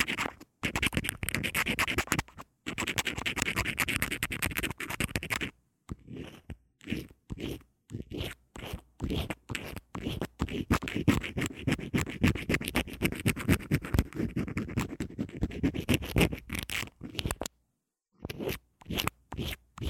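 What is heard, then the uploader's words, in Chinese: Scratching and brushing across an earphone microphone, rough, in dense bursts of rapid strokes. A near-continuous stretch runs through the first five seconds, then the rubbing breaks into quicker, choppier passes with short silent gaps, including a clear pause near seventeen seconds. 刷刷耳麥 | LO-FI | Earphone Mic Scratching | NO Talking。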